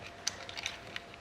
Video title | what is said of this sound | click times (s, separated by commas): Lame secret Assassin's Creed Unity | pousser jusqu'à ce que ça se clipse et puis vous pouvez tirer après donc | 0.3 s